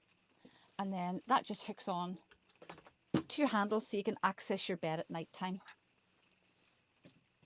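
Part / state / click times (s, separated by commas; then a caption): drop-down bed latching into its stowed position in the motorhome ceiling / not seated / none. Someone talks while handling the drop-down bed in a Carado Explorer motorhome, which is later pushed back up into its stowed position in the ceiling. A few faint knocks come at about 2.6 to 2.9 seconds, with another at 7.1 seconds. The bed has not yet latched, and nothing has seated or clicked into place.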